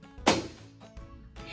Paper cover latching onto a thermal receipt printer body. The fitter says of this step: So, you will know it's closed when you hear the click.